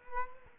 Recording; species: mosquito wingbeat signal from an infrared sensor; Culex quinquefasciatus